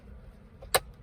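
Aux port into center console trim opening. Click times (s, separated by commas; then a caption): 0.8 s. The aux input port on a BMW E9X, which fell through the center console opening when a connected phone's aux cord was ripped out, is pushed back into its plastic trim hole. A single sharp, loud click is heard at 0.8 seconds over quiet low background noise. The port snaps back into place and is seated.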